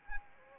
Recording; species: mosquito wingbeat signal from an infrared sensor; Anopheles arabiensis